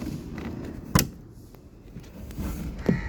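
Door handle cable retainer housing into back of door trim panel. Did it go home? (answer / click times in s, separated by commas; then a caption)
yes / 1.0 s. The plastic cable retainer housing for the interior door handle and lock cables on a Kia Sportage front door is tabbed in at the front, then pivoted and pressed onto the back of the door trim panel. Its locking tab clicks into place at 1.0 s with a sharp, bright snap, after a faint tick at 0.4 s and before a softer knock at 2.9 s. The housing is seated.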